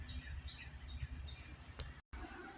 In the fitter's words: to the crank and it'll snap in place.